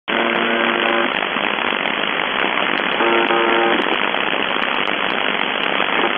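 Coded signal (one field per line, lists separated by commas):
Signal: channel marker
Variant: UVB-76 (The Buzzer)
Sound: two short low rasping buzzes, about a second each, under heavy hiss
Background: radio static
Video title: The Buzzer/UVB-76(4625Khz) October 11, 2021 Voice messages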